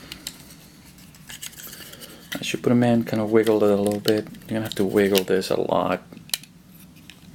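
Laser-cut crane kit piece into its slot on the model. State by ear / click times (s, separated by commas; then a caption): seated / 6.3 s. A laser-cut crane kit piece is wiggled into its slot on the model while someone talks, with small taps and scrapes around it. The piece seats with a sharp click at 6.3 s.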